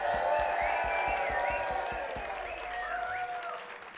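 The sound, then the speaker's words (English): A crowd at the No Structure Cabaret applauds the sound technician loudly, dense clapping mixed with a steady rhythmic beat of claps and high whoops and cheers on top, easing off slightly toward the end. “A big applause for the sound technician!”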